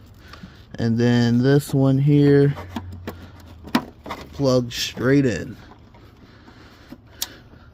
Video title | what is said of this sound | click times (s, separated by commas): Replacing the Engine Harness On My Burned Up G35 | Oh, there we go. Heard the click. | 7.2 s